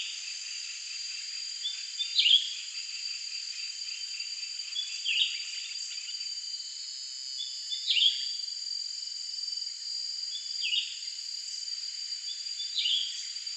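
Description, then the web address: Blue-winged leafbird calls, short sliding chirps repeated every few seconds over a constant high insect drone. "Blue winged Leafbird Chloropsis moluccensis. blue winged leafbird call"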